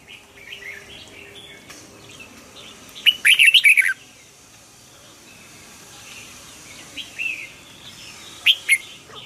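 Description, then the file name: Red-whiskered bulbul song: a quick burst of bright, warbled notes midway, then two short chirpy phrases near the end, over faint background hiss. Red-whiskered bulbul of the Hue strain, singing in the double-voice song style (giong kep). "Tieng chao mao hue hot giong kep"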